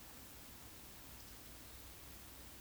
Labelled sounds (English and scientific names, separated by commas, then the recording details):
Eurasian Woodcock (Scolopax rusticola) whistle
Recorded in Baden-Württemberg, Germany, on 16 June 2021 at 20:05 UTC
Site 20675, 466 m above sea level